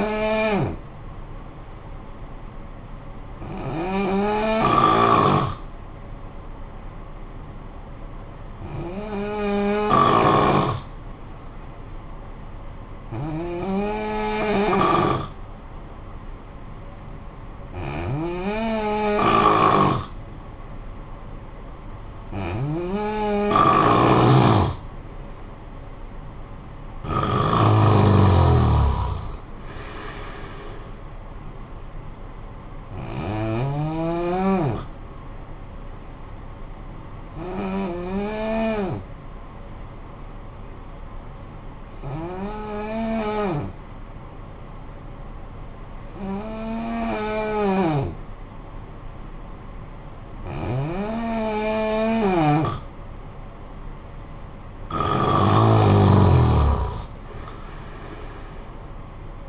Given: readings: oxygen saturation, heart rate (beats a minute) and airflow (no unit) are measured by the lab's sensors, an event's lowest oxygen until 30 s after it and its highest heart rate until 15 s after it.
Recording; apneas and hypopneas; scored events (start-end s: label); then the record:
breathing in sleep by a smartphone at the bedside; 2
4.00-23.00 s: hypopnea (N2, oxygen 93% highest, then 88% lowest, heart rate 60 at the start, 65 highest)
36.00-51.80 s: hypopnea (N2, oxygen 91% highest, then 88% lowest, heart rate 60 at the start, 66 highest)
From the record:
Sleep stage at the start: N2 (light sleep); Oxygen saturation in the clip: 87 to 93%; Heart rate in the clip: 50 to 65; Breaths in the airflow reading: 13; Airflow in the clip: -15.4 to 6.6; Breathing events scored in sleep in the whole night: 445 in 7.6 hours asleep